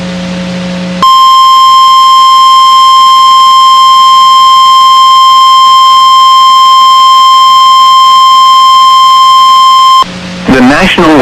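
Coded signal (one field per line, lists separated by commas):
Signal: Emergency Alert System (SAME) tones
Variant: 1050 Hz attention tone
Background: speech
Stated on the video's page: NOAA Weather Radio station WXK35, Waco, Texas, broadcasting severe thunderstorm warnings.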